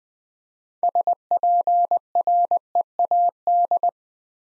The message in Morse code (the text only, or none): SPREAD